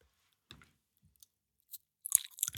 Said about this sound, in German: Gut, ja, gut, dann schmatzen wir jetzt noch 3 Minuten.